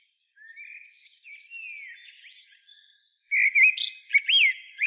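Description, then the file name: Common blackbird song: soft, slurred whistled warbles for a few seconds, then louder strident twittering flourishes with sharp high squeaks. "Turdus merula"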